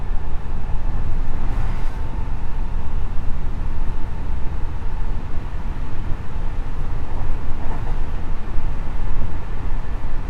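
Running sound of a JR West 207 series electric train on a rapid service, a steady, dense low rumble that never lets up. A faint tone hovers in the middle, and brief brighter swells of rattle or squeal pass around two seconds and again near eight.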